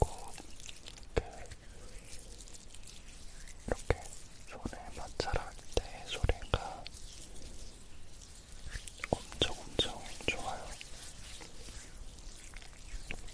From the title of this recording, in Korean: 바디크림 바르는 소리